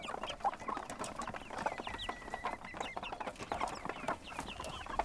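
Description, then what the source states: Chickens clucking in short, irregular bursts of soft mid-pitched clucks, with a few higher squawky notes and scattered clicks and knocks in the background. Chickens recorded on a goat farm.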